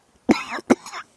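Two brief cough bursts from an adult man, a sharp first one followed by a shorter second about half a second later, with a slightly throaty, voiced quality. It is a small reflex cough while retrohaling cigar smoke, exhaling it through the nose, in a quiet room.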